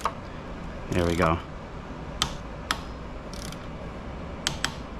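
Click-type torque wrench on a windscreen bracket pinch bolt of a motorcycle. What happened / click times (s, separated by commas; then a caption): The click-type torque wrench released on the bolt, twice in a row / 2.2 s, 2.7 s, 4.5 s, 4.6 s. A click-type torque wrench tightens the next windscreen bracket pinch bolt on a Ducati Monster 937 motorcycle to 20 Nm, and someone talks briefly. Sharp clicks sound at 2.2, 2.7, 4.5 and 4.6 seconds as the wrench reaches torque.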